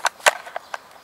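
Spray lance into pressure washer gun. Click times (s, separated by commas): 0.3 s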